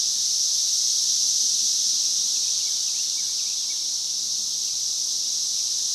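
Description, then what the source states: Cicada chorus, a continuous shrill buzz at an even loudness throughout, with a few faint chirps underneath. Multiple cicadas.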